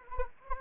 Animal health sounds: mosquito wingbeat signal from an infrared sensor; Anopheles arabiensis

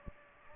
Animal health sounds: mosquito wingbeat signal from an infrared sensor; Aedes aegypti

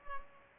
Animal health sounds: mosquito wingbeat signal from an infrared sensor; Culex pipiens

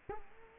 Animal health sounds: mosquito wingbeat signal from an infrared sensor; Culex quinquefasciatus

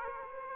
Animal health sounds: mosquito wingbeat signal from an infrared sensor; Aedes aegypti

